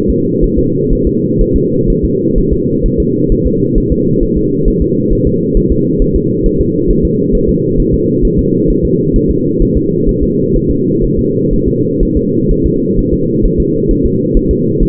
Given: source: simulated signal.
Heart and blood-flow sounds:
fetal heart sounds
0.10 s: S2
0.44 s: S1
0.59 s: S2
0.93 s: S1
1.07 s: S2
1.41 s: S1
1.56 s: S2
1.90 s: S1
2.04 s: S2
2.38 s: S1
2.53 s: S2
2.86 s: S1
3.00 s: S2
3.32 s: S1
3.47 s: S2
3.78 s: S1
3.92 s: S2
4.23 s: S1
4.37 s: S2
4.68 s: S1
4.82 s: S2
5.13 s: S1
5.27 s: S2
5.57 s: S1
5.72 s: S2
6.02 s: S1
6.16 s: S2
6.46 s: S1
6.61 s: S2
6.91 s: S1
7.05 s: S2
7.35 s: S1
7.49 s: S2
7.80 s: S1
7.94 s: S2
8.25 s: S1
8.39 s: S2
8.70 s: S1
8.85 s: S2
9.16 s: S1
9.31 s: S2
9.62 s: S1
9.77 s: S2
10.09 s: S1
10.23 s: S2
10.56 s: S1
10.71 s: S2
11.04 s: S1
11.19 s: S2
11.53 s: S1
11.68 s: S2
12.03 s: S1
12.17 s: S2
12.51 s: S1
12.66 s: S2
12.99 s: S1
13.13 s: S2
13.45 s: S1
13.60 s: S2
13.91 s: S1
14.05 s: S2
14.37 s: S1
14.51 s: S2
14.83 s: S1
From the record:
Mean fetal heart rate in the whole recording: 130 bpm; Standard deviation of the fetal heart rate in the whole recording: 4 bpm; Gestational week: 38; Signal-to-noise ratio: -11.2 dB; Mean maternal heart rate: 72 bpm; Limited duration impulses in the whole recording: present

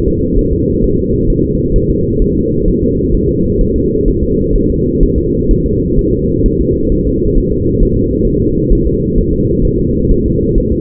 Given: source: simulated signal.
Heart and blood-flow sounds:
fetal heart sounds
0.08 s: S2
0.39 s: S1
0.53 s: S2
0.84 s: S1
0.99 s: S2
1.30 s: S1
1.45 s: S2
1.76 s: S1
1.91 s: S2
2.22 s: S1
2.37 s: S2
2.68 s: S1
2.83 s: S2
3.14 s: S1
3.29 s: S2
3.61 s: S1
3.76 s: S2
4.08 s: S1
4.23 s: S2
4.56 s: S1
4.70 s: S2
5.03 s: S1
5.18 s: S2
5.51 s: S1
5.66 s: S2
5.99 s: S1
6.13 s: S2
6.46 s: S1
6.60 s: S2
6.92 s: S1
7.07 s: S2
7.38 s: S1
7.52 s: S2
7.82 s: S1
7.97 s: S2
8.27 s: S1
8.42 s: S2
8.72 s: S1
8.87 s: S2
9.18 s: S1
9.33 s: S2
9.65 s: S1
9.79 s: S2
10.11 s: S1
10.26 s: S2
10.58 s: S1
10.72 s: S2
From the record:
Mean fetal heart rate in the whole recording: 130 bpm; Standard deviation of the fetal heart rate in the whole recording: 4 bpm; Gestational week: 38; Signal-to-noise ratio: -14.7 dB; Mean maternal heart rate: 72 bpm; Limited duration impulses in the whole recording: present

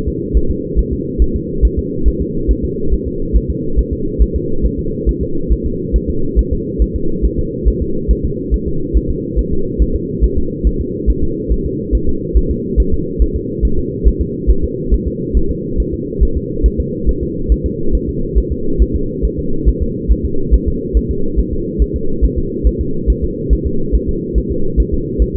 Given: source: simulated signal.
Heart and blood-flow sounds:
fetal heart sounds
0.08 s: S2
0.37 s: S1
0.51 s: S2
0.79 s: S1
0.93 s: S2
1.22 s: S1
1.36 s: S2
1.65 s: S1
1.79 s: S2
2.08 s: S1
2.22 s: S2
2.51 s: S1
2.64 s: S2
2.94 s: S1
3.07 s: S2
3.36 s: S1
3.50 s: S2
3.79 s: S1
3.93 s: S2
4.22 s: S1
4.36 s: S2
4.66 s: S1
4.79 s: S2
5.09 s: S1
5.23 s: S2
5.52 s: S1
5.66 s: S2
5.96 s: S1
6.10 s: S2
6.39 s: S1
6.53 s: S2
6.82 s: S1
6.96 s: S2
7.25 s: S1
7.39 s: S2
7.68 s: S1
7.82 s: S2
8.11 s: S1
8.25 s: S2
8.54 s: S1
8.68 s: S2
8.97 s: S1
9.10 s: S2
9.39 s: S1
9.53 s: S2
9.82 s: S1
9.96 s: S2
10.24 s: S1
10.38 s: S2
10.67 s: S1
10.81 s: S2
11.10 s: S1
11.23 s: S2
11.52 s: S1
11.66 s: S2
11.95 s: S1
12.09 s: S2
12.37 s: S1
12.51 s: S2
12.80 s: S1
12.94 s: S2
13.22 s: S1
13.36 s: S2
13.65 s: S1
13.79 s: S2
14.08 s: S1
14.21 s: S2
14.50 s: S1
14.64 s: S2
14.94 s: S1
15.07 s: S2
15.37 s: S1
15.51 s: S2
15.80 s: S1
15.94 s: S2
16.23 s: S1
16.37 s: S2
16.66 s: S1
16.80 s: S2
17.09 s: S1
17.23 s: S2
17.52 s: S1
17.66 s: S2
17.95 s: S1
18.09 s: S2
18.38 s: S1
18.52 s: S2
18.82 s: S1
18.96 s: S2
19.25 s: S1
19.39 s: S2
19.69 s: S1
19.82 s: S2
20.12 s: S1
20.25 s: S2
20.54 s: S1
20.68 s: S2
20.97 s: S1
21.11 s: S2
21.39 s: S1
21.53 s: S2
21.82 s: S1
21.96 s: S2
22.24 s: S1
22.38 s: S2
22.67 s: S1
22.81 s: S2
23.10 s: S1
23.24 s: S2
23.53 s: S1
23.67 s: S2
23.95 s: S1
24.09 s: S2
24.38 s: S1
24.52 s: S2
24.80 s: S1
24.94 s: S2
25.22 s: S1
25.36 s: S2
From the record:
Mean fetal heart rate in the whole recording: 140 bpm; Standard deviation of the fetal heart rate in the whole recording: 2 bpm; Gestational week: 34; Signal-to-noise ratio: -8.1 dB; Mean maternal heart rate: 72 bpm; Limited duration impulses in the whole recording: absent

